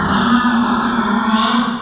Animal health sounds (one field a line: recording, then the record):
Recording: squeal of a Yucatan mini pig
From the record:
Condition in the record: after surgery on the right vocal fold (resection and tissue-engineered implant)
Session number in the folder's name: 15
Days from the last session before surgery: 175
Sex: female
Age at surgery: 19 weeks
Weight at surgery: 25 kg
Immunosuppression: prednisolone